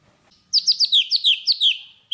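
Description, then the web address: Java sparrow song: a rapid string of about eight sharp, downward-slurred chirps running together into a short trill, followed by one final note. "tieng chim thanh tuoc hot. tieng dong vat"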